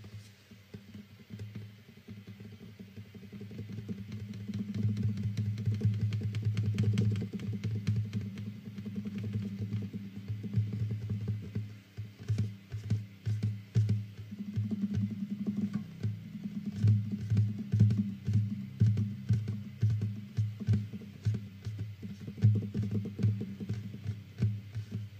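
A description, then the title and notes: Fast tapping and strumming on a guitar, with low notes around the bottom pulsing in quick, repeated bursts throughout. Playing is dense and busy, with a brief dip near twelve seconds before the rapid rhythm resumes, crisp clicks sounding on top. Fast tapping and stringing his guitar.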